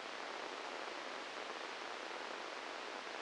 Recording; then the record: brain microelectrode recording played as sound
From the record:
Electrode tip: inside the subthalamic nucleus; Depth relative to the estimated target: 2 mm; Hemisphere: right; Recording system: NeuroSet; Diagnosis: Parkinson's disease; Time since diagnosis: 15 years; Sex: female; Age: 59 years